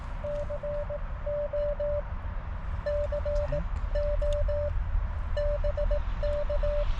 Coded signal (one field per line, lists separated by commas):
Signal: Morse code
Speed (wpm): 20 wpm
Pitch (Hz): 590 Hz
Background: none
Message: CO CO BK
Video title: POTA and Morse Tutor Kit Building with Vince VE6LK/AI7LK | Parks on the Air